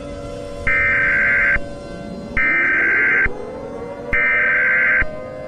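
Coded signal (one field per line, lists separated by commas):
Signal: Emergency Alert System (SAME) tones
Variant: header bursts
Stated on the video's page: Fictional EAS scenario, not a real alert.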